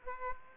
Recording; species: mosquito wingbeat signal from an infrared sensor; Aedes aegypti